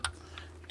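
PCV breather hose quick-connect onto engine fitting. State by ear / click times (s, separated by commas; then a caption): seated / 0.0 s. On a 2016-present Volvo XC90 (SPA platform, VEP engine) during a PCV oil trap replacement, the new PCV breather line, a plastic hose with a quick-connect end, is pushed onto the small fitting below the 90° elbow at the intake. A sharp, bright click lands at 0.1 s, followed by fainter ticks near 0.4 s and 0.7 s over a steady low hum. The quick-connect is seated, confirmed by a pull test.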